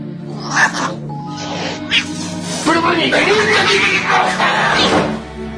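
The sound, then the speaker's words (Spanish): A cat meows in drawn-out, wavering cries that rise and fall in pitch, in the radio drama El gato desaparece on Radio Nacional Argentina, mixed in with people talking over a low steady background hum. “¿Está el Misifus por ahí?”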